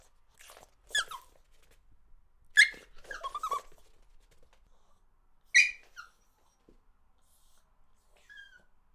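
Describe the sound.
Dog whimpering, a few short high-pitched whines and yelps separated by quiet gaps of one to three seconds, ending with a faint soft whine.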